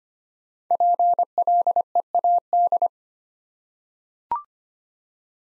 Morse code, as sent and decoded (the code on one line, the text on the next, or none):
.--. .-.. . .- -..
PLEAD